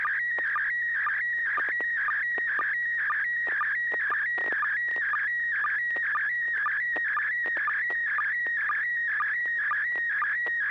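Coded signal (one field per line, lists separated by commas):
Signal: SSTV (slow-scan television)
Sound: warbling, chirping tone scanning steadily, with short regular low blips about twice a second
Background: low steady hum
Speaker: Let's go to Bill in Roseville, November 6, Hotel Alpha. If you're ready for us, Bill, go right ahead.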